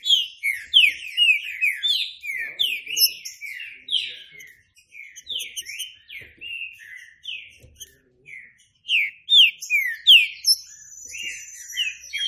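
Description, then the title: Green-winged saltator song: long, lively sequences of loud, swooping whistled notes, a short lull, then renewed phrases, with thin high twitters throughout. Classic song style (canto clássico) used as a training recording. "Canto Clássico Trinca Ferro TREINAMENTO"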